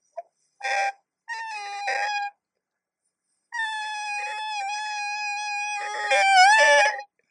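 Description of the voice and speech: Thin, high sustained tone from an adult male baritone, far above his normal range, that barely gets louder when pushed: an imitated segmental vocal fold vibration, with only part of the vocal folds vibrating, unable to make a true crescendo. This is most often seen with vocal nodules or another mucosal disturbance.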